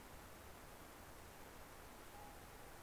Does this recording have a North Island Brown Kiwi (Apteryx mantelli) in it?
no